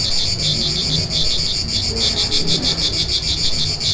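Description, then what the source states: Cicadas buzz loudly in a high, pulsing drone, with low rumbling noise beneath. Recorded 3 September 2009.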